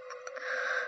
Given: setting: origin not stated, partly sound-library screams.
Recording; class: one-second piece from a danger detection set; woman in danger